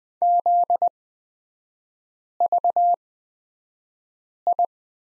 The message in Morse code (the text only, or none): ZVI